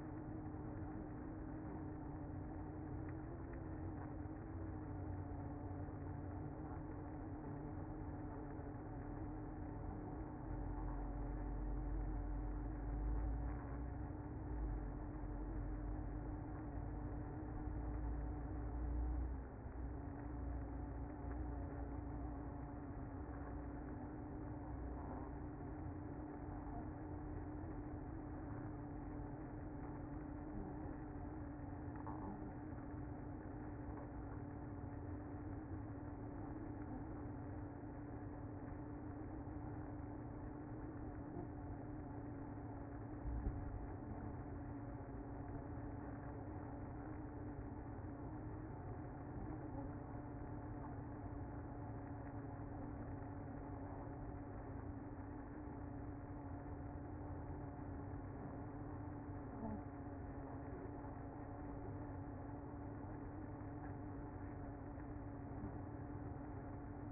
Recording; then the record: honeybee colony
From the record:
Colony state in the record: active